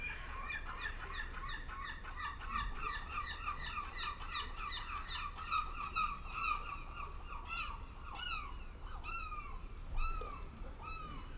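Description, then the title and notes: Gull calls: quick runs of short, harsh notes, then drawn-out, downward-slurred cries spaced about a second apart, over a low steady rumble. Gulls with lapping water in the fishing harbour of Reine, Sørvågen, Norway, at noon; all calm, fishermen, tourists and traffic; recorded on a MixPre-6 II with DPA 4041 microphone in Cinela PIA2. "PORT DE PECHE AU REPOS _ Gamle Sørvågen 12, 8392 Sørvågen, Norvège - MOUETTES ET CLAPOTIS PORT DE PECHE. MOUETTES ET CLAPOTIS dans le port de Reine. Il est midi et tout est calme, pêcheurs, touristes et circulation"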